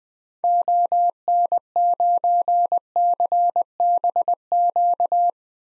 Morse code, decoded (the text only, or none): ON9CBQ